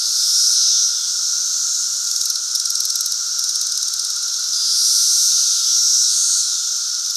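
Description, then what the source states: Chorus of periodical cicadas, continuous shrill whining hum rising and falling gently in loudness, with faint rapid ticking in the middle and a lower steady tone. Great Southern Brood.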